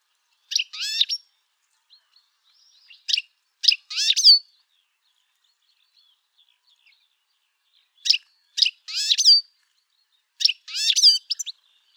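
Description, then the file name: European goldfinch calling in short twittering bursts, each a few quick tinkling, liquid notes, separated by pauses of one to a few seconds. "Carduelis carduelis"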